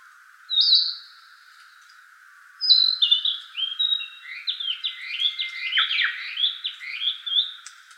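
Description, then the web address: Narcissus flycatcher singing: a short whistled note, a pause, then a long run of varied rich warbled phrases, with a steady low hum throughout. Recorded 25 April 2017. "birdenaga kibitaki"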